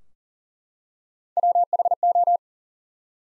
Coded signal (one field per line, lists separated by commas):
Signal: Morse code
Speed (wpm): 38 wpm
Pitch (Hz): 700 Hz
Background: none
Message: WHO